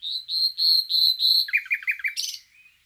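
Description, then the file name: Common nightingale song: a series of five long, pure whistled notes, then four quick lower notes and a harsh ending burst. "Luscinia megarhynchos"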